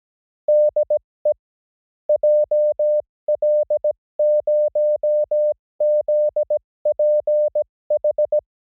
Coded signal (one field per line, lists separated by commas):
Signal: Morse code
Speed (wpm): 17 wpm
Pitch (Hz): 600 Hz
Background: music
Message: DE JL0ZPH